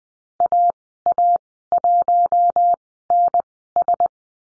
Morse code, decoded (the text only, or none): AA1NS